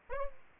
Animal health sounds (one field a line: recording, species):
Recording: mosquito wingbeat signal from an infrared sensor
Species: Aedes aegypti